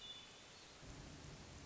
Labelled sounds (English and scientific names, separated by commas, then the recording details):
Hermit Thrush (Catharus guttatus)
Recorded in Sonoma County, California